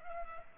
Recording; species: mosquito wingbeat signal from an infrared sensor; Culex pipiens